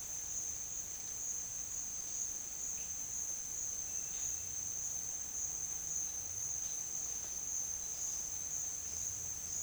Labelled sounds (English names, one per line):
none